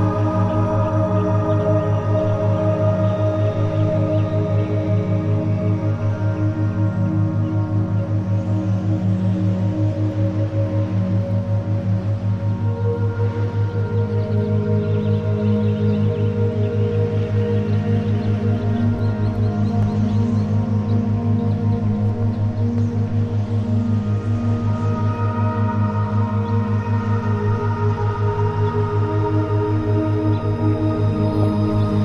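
Ambient music plays throughout: a steady, low droning bed with sustained ringing tones layered above, shifting slowly in pitch with no beat. A faint airy hiss, like wind, swells softly a few times, around 9, 20 and 25 seconds.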